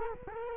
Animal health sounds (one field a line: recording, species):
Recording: mosquito wingbeat signal from an infrared sensor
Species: Culex quinquefasciatus